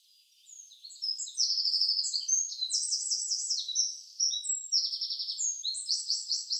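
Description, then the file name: Eurasian wren singing a fast, vigorous stream of high twittering notes broken by several rattling trills, continuous for over five seconds. "Troglodytes troglodytes"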